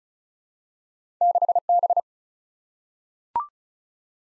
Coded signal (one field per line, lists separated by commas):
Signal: Morse code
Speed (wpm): 36 wpm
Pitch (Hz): 700 Hz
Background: none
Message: 6B